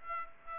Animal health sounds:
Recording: mosquito wingbeat signal from an infrared sensor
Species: Aedes aegypti

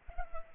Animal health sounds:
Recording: mosquito wingbeat signal from an infrared sensor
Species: Culex pipiens

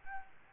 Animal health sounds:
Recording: mosquito wingbeat signal from an infrared sensor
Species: Aedes albopictus

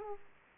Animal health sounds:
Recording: mosquito wingbeat signal from an infrared sensor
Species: Aedes aegypti

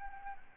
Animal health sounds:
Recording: mosquito wingbeat signal from an infrared sensor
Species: Aedes albopictus

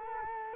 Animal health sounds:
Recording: mosquito wingbeat signal from an infrared sensor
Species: Culex quinquefasciatus

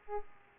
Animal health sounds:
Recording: mosquito wingbeat signal from an infrared sensor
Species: Aedes aegypti

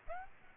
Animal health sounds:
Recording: mosquito wingbeat signal from an infrared sensor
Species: Aedes aegypti

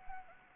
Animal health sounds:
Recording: mosquito wingbeat signal from an infrared sensor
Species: Anopheles arabiensis

